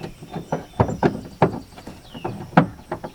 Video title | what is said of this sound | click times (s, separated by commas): How to Upgrade Your 2009 - 2023 Toyota 4Runner's Rear Turn Signals to LED | Once you get it back in, clockwise till you hear the click, | 2.6 s